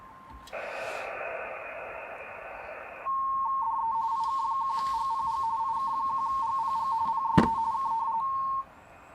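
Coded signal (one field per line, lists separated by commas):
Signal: RTTY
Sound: brief hiss burst, then rapid warbling two-tone teletype chatter, one click near the end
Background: radio static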